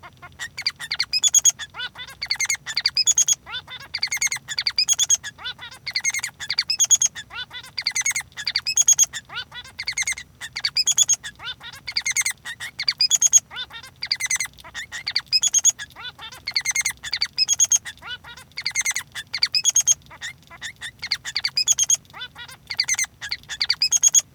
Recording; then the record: song of a male Bengalese finch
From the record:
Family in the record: son of father 3